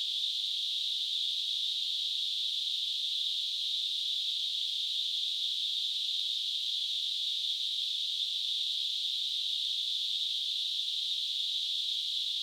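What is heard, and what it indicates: A steady, unchanging high-pitched hiss, a narrow band of noise centred around 3 to 4 kHz, lasts the whole twelve seconds without pauses or variation. It simulates what tinnitus can sound like to the person who hears it.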